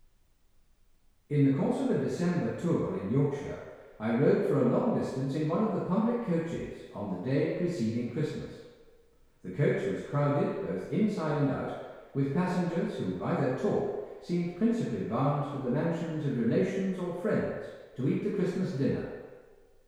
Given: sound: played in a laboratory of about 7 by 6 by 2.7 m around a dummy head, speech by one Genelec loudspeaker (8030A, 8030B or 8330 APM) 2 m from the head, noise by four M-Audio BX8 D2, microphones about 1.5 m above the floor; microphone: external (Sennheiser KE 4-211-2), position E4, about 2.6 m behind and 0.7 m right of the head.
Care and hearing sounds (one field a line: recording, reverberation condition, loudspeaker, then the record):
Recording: male speech in English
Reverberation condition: high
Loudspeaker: behind (180 degrees)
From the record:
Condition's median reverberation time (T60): about 1300 ms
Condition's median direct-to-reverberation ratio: about -4.0 dB